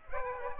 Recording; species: mosquito wingbeat signal from an infrared sensor; Aedes aegypti